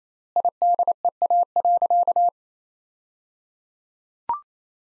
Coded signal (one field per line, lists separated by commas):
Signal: Morse code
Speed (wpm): 27 wpm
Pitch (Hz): 700 Hz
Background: none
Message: IDEA.